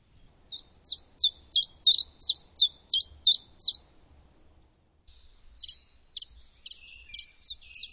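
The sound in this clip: Bird calling with a quick run of high, sharp notes, then a pause followed by softer, scattered notes.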